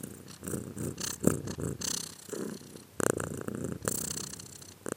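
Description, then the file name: Cat purring, a rumbling low vibration in short uneven pulses, with some breathy bursts and light clicking sounds. "arseniiv cat-again"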